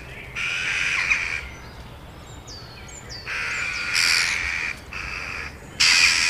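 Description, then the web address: Eurasian jackdaw uttering loud raspy calls in a series, with a few faint sliding notes between them. "agykontroll Madardalok Cd 2. Csóka"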